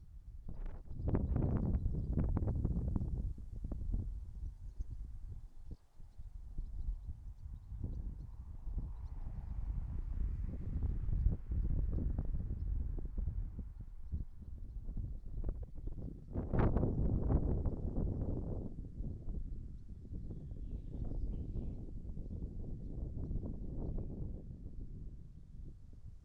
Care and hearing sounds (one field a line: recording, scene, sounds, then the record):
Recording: everyday scene through a hearing-aid microphone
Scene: wind on the microphone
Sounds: wind, traffic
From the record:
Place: in front of a rural house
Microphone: behind the ear, right, rear